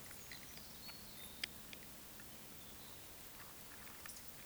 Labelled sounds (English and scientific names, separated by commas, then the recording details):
Eurasian Woodcock (Scolopax rusticola) whistle, Eurasian Woodcock (Scolopax rusticola) croak
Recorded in Baden-Württemberg, Germany, on 11 June 2021 at 20:04 UTC
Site 24606, 635 m above sea level